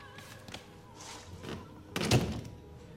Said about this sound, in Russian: Он открывает бутылку, пока женщина выпейте подошла ближе.